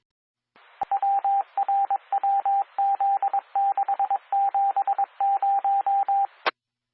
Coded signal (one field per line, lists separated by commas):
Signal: Morse code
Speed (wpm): 22 wpm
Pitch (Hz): 790 Hz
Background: radio noise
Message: WRWZ670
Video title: 🔴LIVE Florida's Amateur Radio Repeaters Using QueCast, Never Miss a Thing!